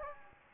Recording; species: mosquito wingbeat signal from an infrared sensor; Anopheles gambiae